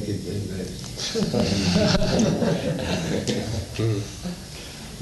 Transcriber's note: laughter